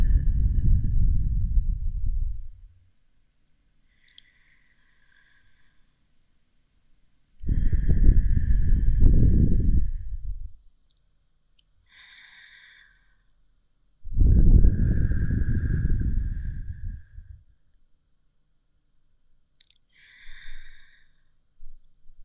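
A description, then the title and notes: Soft blowing and breathing come in three long, low, airy exhales, at the start, around 7–10 seconds and 14–17 seconds, each fading out. Between them, quieter brighter puffs and small clicks appear near 4, 12 and 20 seconds, with near silence otherwise. Ear Blowing & Breathing. 吐息．呼氣.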